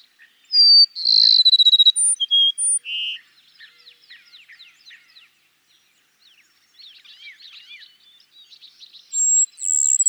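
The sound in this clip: Cassin's sparrow gives a full song of high whistle, rapid trill and closing whistled notes, then soft chattering, and starts another song at the end.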